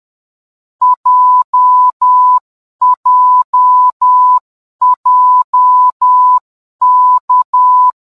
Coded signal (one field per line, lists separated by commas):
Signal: Morse code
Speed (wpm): 10 wpm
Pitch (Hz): 1000 Hz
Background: none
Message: J J J K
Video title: MORSE CODE ALPHABETS &NUMBERS WITH SOUND